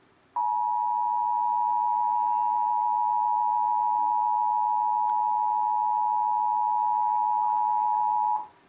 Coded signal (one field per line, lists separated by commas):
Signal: Emergency Alert System (SAME) tones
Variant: 853 and 960 Hz attention tone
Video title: (EAS #123) Real EAS Alert on WOUB PBS (Weird Flood Warning) (05/23/2026)